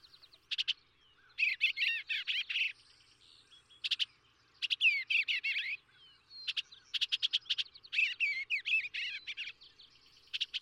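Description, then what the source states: Eastern Bluebird song: short warbled phrases given in bursts separated by brief pauses, repeated throughout. Male's note, rendered as 'Bermuda', as if both invoking and lamenting.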